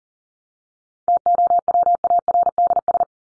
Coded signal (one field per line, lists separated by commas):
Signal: Morse code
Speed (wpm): 40 wpm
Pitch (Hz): 700 Hz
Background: none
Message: TOWARDS